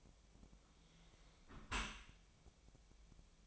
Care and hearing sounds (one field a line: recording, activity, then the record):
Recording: daily activity, microphone in the room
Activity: close dishwasher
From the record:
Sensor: 1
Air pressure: 1006.7 hPa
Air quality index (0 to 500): 209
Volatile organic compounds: 24 ppm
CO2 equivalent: 2821 ppm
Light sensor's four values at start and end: 13/33/13/14 and 13/33/13/14